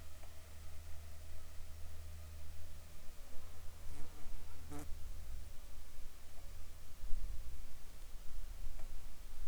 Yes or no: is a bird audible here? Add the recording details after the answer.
no. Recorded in the Arctic National Wildlife Refuge, Alaska, on 7 July 2019 at 19:28. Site 41